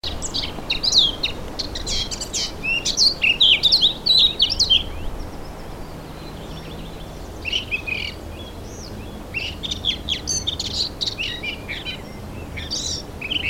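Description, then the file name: Eurasian blackcap song: bursts of rich, varied warbling notes, some whistled and some scratchy, in several phrases separated by short pauses. "Sylvia atricapilla"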